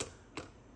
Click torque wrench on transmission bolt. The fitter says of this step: handle clicks like that. It's not just a little click, click, click, click.